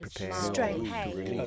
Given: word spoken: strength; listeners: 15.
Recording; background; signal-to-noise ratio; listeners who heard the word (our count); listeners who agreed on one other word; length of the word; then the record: one English word in noise, from a listening test; four-talker babble; -2.6 dB; 0 of 15; 6 of 15; 1.07 s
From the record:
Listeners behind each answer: 6, 4, 3, 1, 1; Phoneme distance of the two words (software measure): 27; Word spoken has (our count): 1 syllable, 6 phonemes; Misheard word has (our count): 1 syllable, 5 phonemes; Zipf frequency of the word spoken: 4.65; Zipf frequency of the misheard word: 5.26